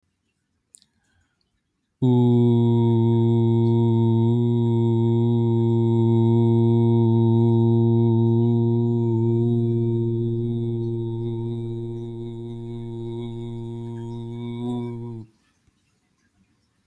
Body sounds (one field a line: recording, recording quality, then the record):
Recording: sustained vowel as in boot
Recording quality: excellent, no background noise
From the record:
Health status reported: healthy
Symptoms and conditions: none ticked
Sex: male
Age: 34 years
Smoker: not ticked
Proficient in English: yes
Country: United States